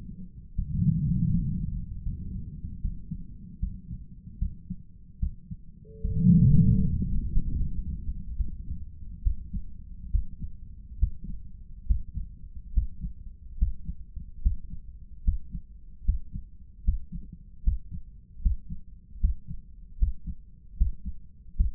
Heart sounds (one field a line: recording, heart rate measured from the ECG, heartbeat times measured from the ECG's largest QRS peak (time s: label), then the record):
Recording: heart sounds by stethoscope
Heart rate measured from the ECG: 74 bpm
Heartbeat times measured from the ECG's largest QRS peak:
0.55 s: heartbeat
1.30 s: heartbeat
2.02 s: heartbeat
2.81 s: heartbeat
3.59 s: heartbeat
4.38 s: heartbeat
5.19 s: heartbeat
6.01 s: heartbeat
6.80 s: heartbeat
7.54 s: heartbeat
8.36 s: heartbeat
9.22 s: heartbeat
10.10 s: heartbeat
10.98 s: heartbeat
11.85 s: heartbeat
12.72 s: heartbeat
13.56 s: heartbeat
14.40 s: heartbeat
15.22 s: heartbeat
16.03 s: heartbeat
16.82 s: heartbeat
17.62 s: heartbeat
18.40 s: heartbeat
19.18 s: heartbeat
19.97 s: heartbeat
20.75 s: heartbeat
21.54 s: heartbeat
From the record:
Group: healthy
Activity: rest 0-8 s, Valsalva maneuver 8-22 s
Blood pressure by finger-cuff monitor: 110/73 mmHg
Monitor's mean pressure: 84 mmHg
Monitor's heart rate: 75 bpm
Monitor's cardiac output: 6.9 L/min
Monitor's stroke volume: 93 mL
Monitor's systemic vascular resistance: 930 dyn s/cm5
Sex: male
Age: 57 years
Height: 188 cm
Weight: 106 kg